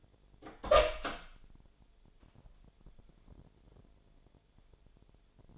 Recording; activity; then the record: daily activity, microphone in the room; open door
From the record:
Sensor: 5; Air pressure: 1007.6 hPa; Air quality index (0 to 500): 154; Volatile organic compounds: 3 ppm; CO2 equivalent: 1478 ppm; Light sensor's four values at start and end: 57/162/62/62 and 56/160/62/62